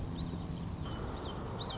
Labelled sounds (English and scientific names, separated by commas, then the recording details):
Common Yellowthroat (Geothlypis trichas)
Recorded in Sonoma County, California